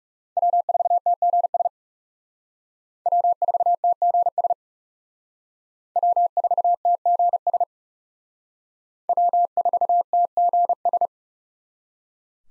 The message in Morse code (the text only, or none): W4TGS W4TGS W4TGS W4TGS